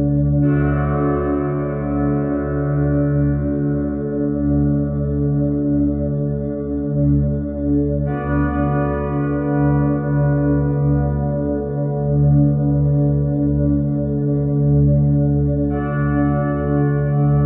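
Meditation music built from ringing bowl-like tones, struck about every eight seconds, near the start, around eight seconds and near sixteen. Each strike adds a bright shimmer that slowly fades over a steady, warm low drone that hums throughout.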